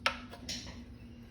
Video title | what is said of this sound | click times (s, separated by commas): [2] Cleaning an Aerogarden | twist to lock into place | 0.1 s